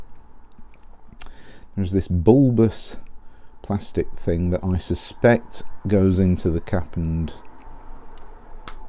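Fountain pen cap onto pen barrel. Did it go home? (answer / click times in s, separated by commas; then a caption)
yes / 8.7 s. A Schneider Ray (Onyx) fountain pen has its plastic cap pushed onto the barrel, where a bulbous plastic part snaps into the cap and holds it on. Someone talks throughout, and a sharp click at 8.7 s marks the cap seating in place.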